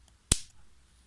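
On a Makita DUC101Z 18V cordless pruning saw, the two small tabs on the spring-loaded chain tensioner at the bar mount are pressed, and the tensioner releases back under spring force. A single sharp plastic-metal snap comes at 0.3 s, with a faint tick just before it and quiet afterward.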